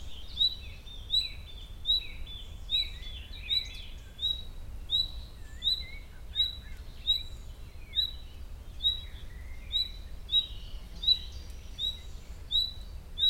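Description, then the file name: Common nightingale calls: a long run of brief, high whistles at a steady beat, over busy background twittering and low rumble. "Luscinia megarhynchos"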